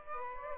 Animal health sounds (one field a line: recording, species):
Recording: mosquito wingbeat signal from an infrared sensor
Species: Aedes aegypti